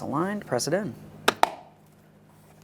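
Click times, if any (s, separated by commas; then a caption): 1.3 s, 1.4 s. A plastic mirror trim panel for a 2009-2014 Nissan Maxima side mirror is aligned and pressed into the car door while someone talks. Its two tabs snap into their ports on the door with sharp clicks at 1.3 s and 1.4 s, and the panel is seated.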